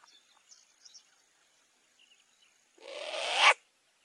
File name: Canto da Coruja do nabal